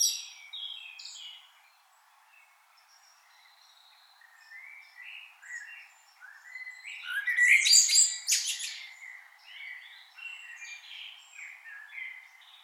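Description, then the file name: Common blackbird song: a single bright warbled phrase with a shrill twittering end in the second half, softer chirping throughout. "Turdus merula"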